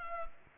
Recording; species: mosquito wingbeat signal from an infrared sensor; Culex pipiens